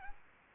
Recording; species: mosquito wingbeat signal from an infrared sensor; Aedes aegypti